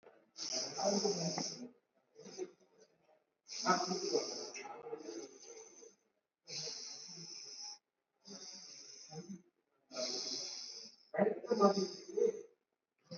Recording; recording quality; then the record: deep breathing; moderate, slight background noise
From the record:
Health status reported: COVID-19 positive, mild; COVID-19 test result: positive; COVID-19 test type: RT-PCR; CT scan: not taken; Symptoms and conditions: sore throat, fever, fatigue, muscle pain, diarrhoea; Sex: male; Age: 38 years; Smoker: yes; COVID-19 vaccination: both doses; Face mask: not worn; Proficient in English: yes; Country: India